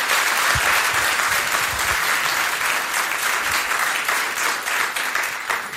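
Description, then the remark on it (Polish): Sustained applause from a large audience after a concert performance by the vocalists of the Teatr Muzyczny od Czapy and accompanying musicians, a dense, steady wash of many hands clapping at an even loudness throughout, with no voices standing out. “Wielkie brawa, dla większości z nich to prawdziwy debiut na takiej scenie.”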